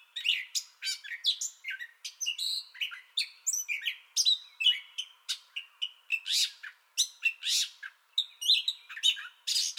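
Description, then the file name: Gray catbird song, a jumbled medley of short squeaks, mews and chattery notes, delivered rapidly with only short pauses. Song bout already in progress, 30 May 2021. "2021-05-30 Gray Catbird Song Bout Already Going"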